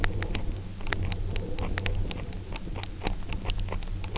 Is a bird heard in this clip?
no